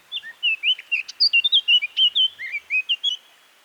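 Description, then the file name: Eurasian blackcap song: a rapid run of clear, fluty warbled notes, rising and falling, delivered in a steady burst for about three seconds. "Sylvia atricapilla"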